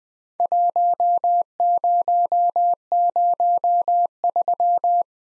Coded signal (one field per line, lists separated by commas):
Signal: Morse code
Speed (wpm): 20 wpm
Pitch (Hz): 700 Hz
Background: none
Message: 1003